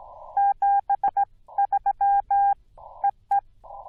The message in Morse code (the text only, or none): 73 EE